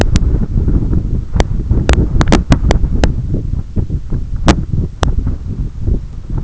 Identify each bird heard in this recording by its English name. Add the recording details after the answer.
none. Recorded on Arctic tundra, site EABA-1, on 20 June 2018. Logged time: 18:00